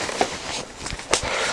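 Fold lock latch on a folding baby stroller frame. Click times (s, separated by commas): 1.1 s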